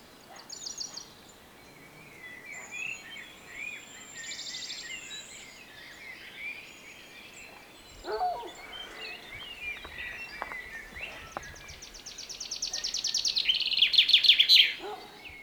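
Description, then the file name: Common chaffinch song near the end, a loud series of repeated notes growing louder with a closing flourish, after a long stretch of faint chirps and a few clicks. "Fringilla coelebs 240824"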